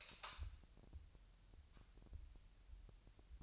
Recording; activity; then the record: daily activity, microphone in the room; light on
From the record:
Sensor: 2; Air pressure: 1001.7 hPa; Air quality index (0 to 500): 244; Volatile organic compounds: 34 ppm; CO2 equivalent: 3034 ppm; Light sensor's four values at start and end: 4/9/4/4 and 9/25/10/10